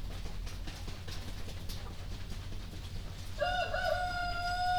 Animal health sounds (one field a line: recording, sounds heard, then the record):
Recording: poultry house recording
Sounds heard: healthy chickens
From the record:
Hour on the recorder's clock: 1